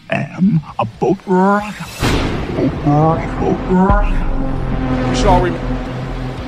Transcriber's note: thunder claps; instrumental heavy metal music plays